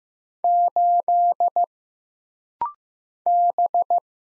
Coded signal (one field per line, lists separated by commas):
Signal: Morse code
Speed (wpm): 15 wpm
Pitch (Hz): 700 Hz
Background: none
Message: 8 B